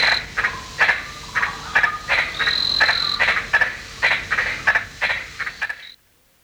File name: Litoria infrafrenata